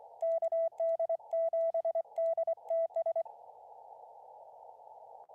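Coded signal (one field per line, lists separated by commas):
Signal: Morse code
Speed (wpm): 24 wpm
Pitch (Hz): 660 Hz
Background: radio noise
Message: KD7DTS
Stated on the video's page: Live CW Parks on the Air operation from a mountain camp at 10,400 feet.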